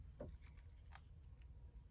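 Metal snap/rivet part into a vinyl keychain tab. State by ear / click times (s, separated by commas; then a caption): not seated / none. A small metal snap or rivet part is handled and positioned on a marine vinyl keychain tab before riveting. A few faint, bright metallic ticks sound around 0.5, 1.0 and 1.4 seconds over a steady low background hum. Nothing has seated or clicked into place yet.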